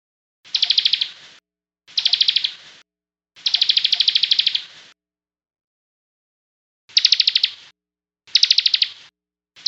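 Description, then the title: Songbird singing five quick rattling trills of rapid repeated notes, with one long burst and a silent pause of about two seconds midway. "SuaraBurung Kicau"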